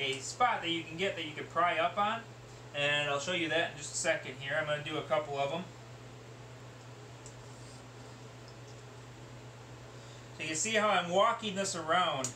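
A screwdriver is worked around a locking clip in its seat on a module, prying to get under it. Someone talks, with a quiet stretch of only faint handling noise in between. Nothing has clicked free yet; the clip is still seated.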